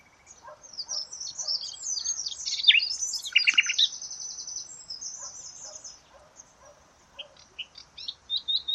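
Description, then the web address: Bird: a burst of high, twittering song swells in the middle, then thins to scattered chirps. "cianscape birddata Deverinetal 2025 File origin Bird Only"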